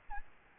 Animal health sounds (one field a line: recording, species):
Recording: mosquito wingbeat signal from an infrared sensor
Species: Aedes albopictus